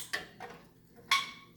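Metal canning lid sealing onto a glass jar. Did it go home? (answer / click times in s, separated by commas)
yes / 1.1 s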